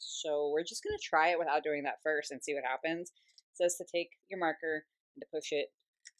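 Someone talks while handling a plastic marker that is about to be pushed into a toy airbrush mechanism. A faint short sound comes near the end, but nothing has seated or clicked yet.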